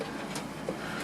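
An L-shaped plastic drive mounting piece is handled inside a computer case while it is lined up to snap into place, with low, steady rustling and handling noise. Nothing has seated or clicked yet.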